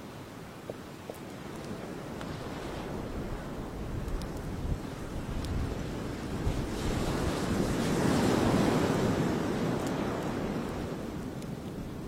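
Ocean waves wash up on a beach, a steady rushing roar that slowly builds and swells loudest around eight to nine seconds before easing slightly. A few faint, sharp ticks and pops sound at scattered moments over the continuous surf.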